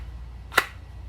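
A Sig P365XL pistol is pushed into a handmade leather-and-kydex style purse holster, giving one sharp, bright click at 0.6 s over a low, steady hum. The pistol snaps into the holster's retention and is seated.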